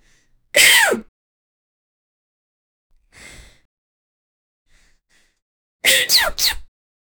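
A loud, sharp sneeze with a falling vocal sweep, then a soft, muffled burst, then a quick double sneeze at the end. These are ordinary adult sneezes, linked to allergy.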